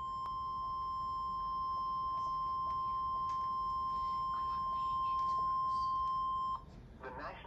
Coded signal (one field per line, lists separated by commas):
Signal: Emergency Alert System (SAME) tones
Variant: 1050 Hz attention tone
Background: speech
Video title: Severe T-Storm Warning 1/11/20 [EAS #170]